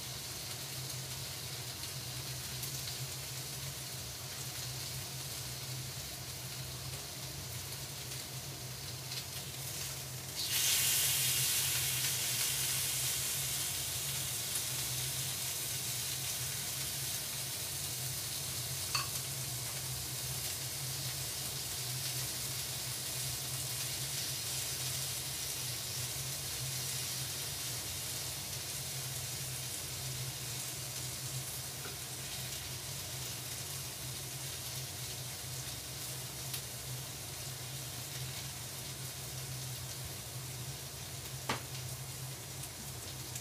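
Yakiniku grilling: a steady low hum and faint crackle run through the start, then just past ten seconds a loud burst of sizzling erupts as meat hits the grill. The bright hiss eases slightly but keeps going, with occasional sharp clicks and pops.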